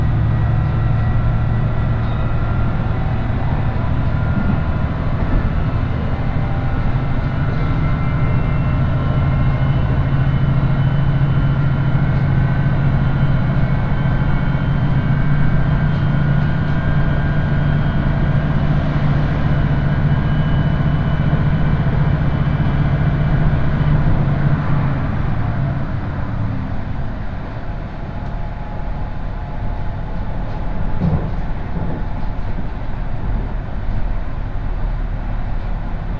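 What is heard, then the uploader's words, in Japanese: A one-car railbus runs along steadily, seemingly heard from inside: a dense, deep engine drone and rolling rumble under faint whining tones. Around 25 seconds the heavy drone drops away as the engine eases off, leaving lighter wheel and track noise. 伊勢鉄道 四日市→津。四日市から河原田までの2駅はＪＲ区間に乗り入れ、あとは伊勢鉄道内を走ります。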